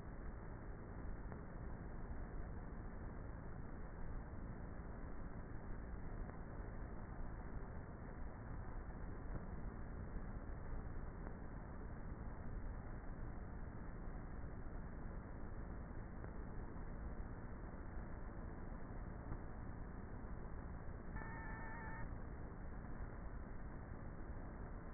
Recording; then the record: honeybee colony, microphone inside the hive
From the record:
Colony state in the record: queenless with a low population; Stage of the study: before two queens were removed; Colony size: about 30,000 bees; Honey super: no